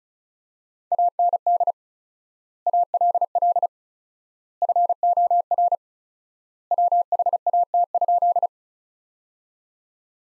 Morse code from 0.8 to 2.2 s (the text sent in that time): AND